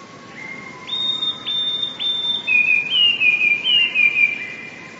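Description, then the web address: Eurasian blue tit: high sweet whistles from a blue tit, three in a row, then a quick sputtering trill repeated in small falling groups. "wroblowe teka spiew. wroblowe teka modraszkoteka"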